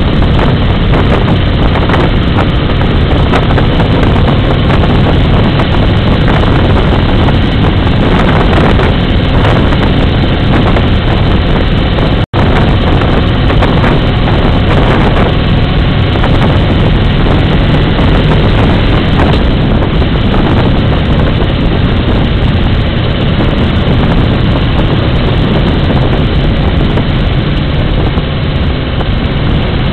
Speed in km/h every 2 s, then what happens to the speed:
58, 58, 58, 59, 63, 64, 62, 61, 61, 66, 59, 57, 60, 60, 59.
0-10 speeds up to 64. 10-27 steady at about 61.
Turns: none.